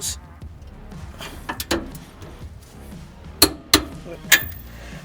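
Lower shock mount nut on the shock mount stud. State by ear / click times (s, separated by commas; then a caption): stripped / none. While installing Z1 Off-Road shock skids on a Nissan Frontier, a lower factory nut is tightened on a steel shock mount stud; it stops getting tighter and spins freely because the thread has stripped out after being taken off and on many times. Someone talks, with sharp metallic knocks around 1.7, 3.4, 3.7 and 4.3 seconds. Nothing has seated or clicked into place.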